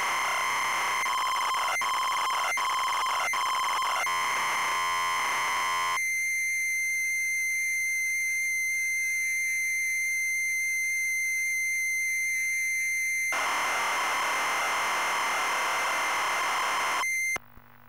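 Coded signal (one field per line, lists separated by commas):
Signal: ZX Spectrum tape loading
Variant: ZX Spectrum +2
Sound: buzzy square-wave tones with breaks, a steady harmonic tone, then harsh raspy data noise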